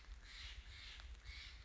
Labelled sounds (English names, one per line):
Steller's Jay